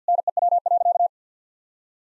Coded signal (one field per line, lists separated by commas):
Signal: Morse code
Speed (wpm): 50 wpm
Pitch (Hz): 700 Hz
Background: none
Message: NEW.